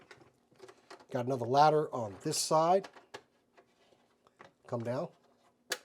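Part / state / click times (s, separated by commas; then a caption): fold-down ladder on toy vehicle / seated / 5.7 s. Someone talks while the fold-down plastic ladder on a G.I. Joe Classified Series Cobra H.I.S.S. toy vehicle is swung down, with faint small ticks along the way. A sharp click at 5.7 s marks the ladder snapping into place, seated.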